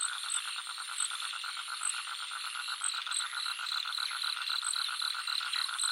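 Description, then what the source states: Frogs trilling in quick pulses under a wash of insect buzzing; a bright repeated piping note joins midway, with sharp high clicks throughout. Jungle nature soundscape with frogs and crickets.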